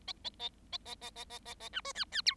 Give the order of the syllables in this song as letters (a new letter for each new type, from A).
A A A A A A A A A A B C D D E